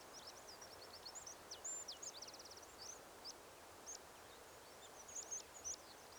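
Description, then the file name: Eurasian wren song, a series of high sharp notes with a fast trill near the middle, over a steady background hiss. "Troglodytes troglodytes"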